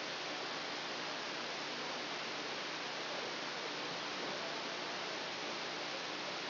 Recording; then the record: brain microelectrode recording played as sound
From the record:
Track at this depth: outside the subthalamic nucleus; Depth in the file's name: -0.883 mm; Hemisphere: left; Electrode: 2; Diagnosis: Parkinson's disease